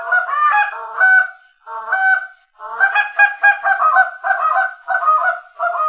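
Canada goose calling with loud nasal honks in quick succession, short pauses breaking the series into three busy bursts.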